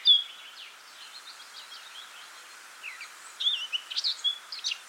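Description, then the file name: Eurasian blackcap giving a scratchy, high warbled twitter of quick chirping notes, quiet at first and then growing livelier and louder toward the end. "Sylvia atricapilla"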